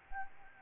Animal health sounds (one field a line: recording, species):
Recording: mosquito wingbeat signal from an infrared sensor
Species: Anopheles gambiae